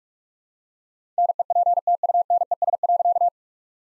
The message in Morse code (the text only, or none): NEPTUNES.